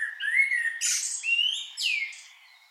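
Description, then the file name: Common blackbird calls: three whistled phrases mixed with short bursts of high chips. "Turdus merula"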